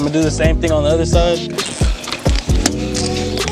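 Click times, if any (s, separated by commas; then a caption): 2.7 s. On the other side of the base, an infant car seat from a Britax B Lively Travel System is latched into its car seat base while someone talks. A sharp snapping click sounds at 2.7 s as the latch engages, and the seat is seated on this second side.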